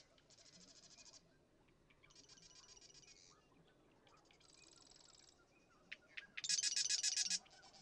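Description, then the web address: Marsh Wren song: several dry, buzzy rattling trills, each about a second long, high-pitched and repeated with short pauses, the last one loudest. "birdsongforthecurious Marsh Wren"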